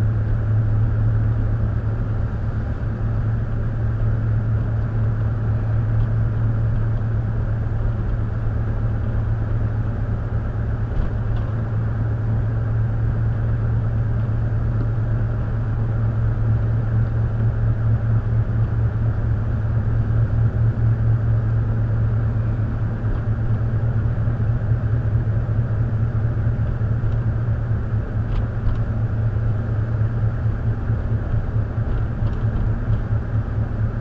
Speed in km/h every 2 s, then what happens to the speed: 37, 37, 37, 37, 37, 37, 37, 37, 37, 39, 37, 39, 40, 39, 37, 40, 39.
0-34 steady at about 37.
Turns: none.